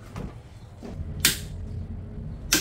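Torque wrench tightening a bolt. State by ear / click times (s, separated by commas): torque reached / 1.2 s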